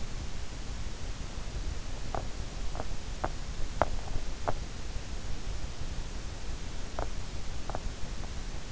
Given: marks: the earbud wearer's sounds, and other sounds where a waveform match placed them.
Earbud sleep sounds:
sounds in sleep by an in-ear microphone; teeth grinding
2.06-4.77 s: teeth grinding
6.76-8.15 s: teeth grinding

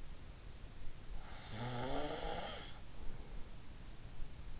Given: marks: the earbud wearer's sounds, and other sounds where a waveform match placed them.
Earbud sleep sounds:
sounds in sleep by an in-ear microphone; snoring breath
1.51-3.60 s: snoring breath

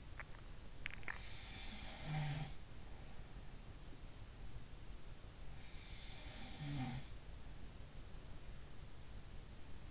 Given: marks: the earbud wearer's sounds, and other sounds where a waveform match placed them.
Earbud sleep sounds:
sounds in sleep by an in-ear microphone; swallowing
0.00-1.42 s: swallowing
0.74-3.86 s: sound from someone else or the room
5.82-7.08 s: sound from someone else or the room

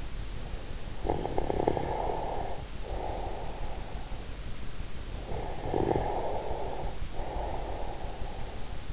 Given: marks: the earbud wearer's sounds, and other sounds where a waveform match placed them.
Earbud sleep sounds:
sounds in sleep by an in-ear microphone; snoring breath
0.58-4.58 s: snoring breath
4.98-8.92 s: snoring breath

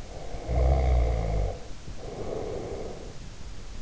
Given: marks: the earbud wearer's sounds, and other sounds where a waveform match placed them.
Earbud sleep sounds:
sounds in sleep by an in-ear microphone; snoring breath
0.00-3.31 s: snoring breath

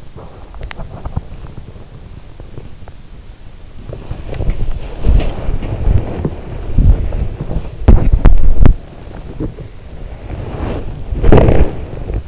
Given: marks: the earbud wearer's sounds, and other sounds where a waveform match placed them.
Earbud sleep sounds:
sounds in sleep by an in-ear microphone; body movement
0.00-2.74 s: body movement
4.06-7.55 s: body movement
7.83-12.28 s: body movement

